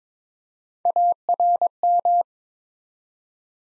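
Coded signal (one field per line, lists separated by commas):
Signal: Morse code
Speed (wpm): 22 wpm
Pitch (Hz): 700 Hz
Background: none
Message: ARM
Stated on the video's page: 22 wpm Morse drill building three-letter words one letter at a time.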